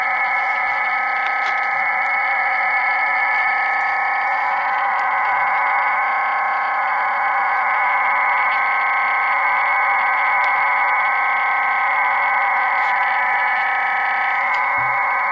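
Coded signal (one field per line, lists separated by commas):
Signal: digital SSTV (DRM)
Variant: HamDRM OFDM, QAM64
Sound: continuous dense hissing roar with a faint buzzy texture, unchanging throughout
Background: radio static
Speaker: jsou ofdm šifrování v modulaci kvam 64 každá nosná ofdm vy kódovaná v klamu 64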